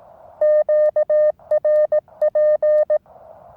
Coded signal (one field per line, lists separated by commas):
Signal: Morse code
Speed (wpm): 18 wpm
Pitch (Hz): 1210 Hz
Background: none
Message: QRP